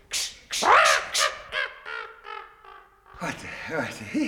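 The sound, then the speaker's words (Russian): A crow being chased off a scarecrow's hat caws in a quick series of harsh, descending calls that grow fainter, then a voice starts talking as the bird goes quiet. “Ты не можешь согнать с моей шляпы вот эту нахалку ворону?”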